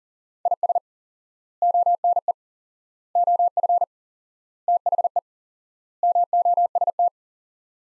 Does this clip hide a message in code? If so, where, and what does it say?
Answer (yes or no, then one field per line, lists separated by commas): yes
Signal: Morse code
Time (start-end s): 0.5-7.1 s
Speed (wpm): 37 wpm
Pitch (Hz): 700 Hz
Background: none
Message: IS ONE OF THE MOST